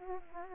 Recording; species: mosquito wingbeat signal from an infrared sensor; Aedes aegypti